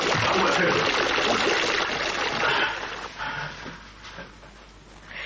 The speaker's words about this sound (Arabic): ده صوت الدش. الدش انفتح. ازاي؟ انت قمت فتحته؟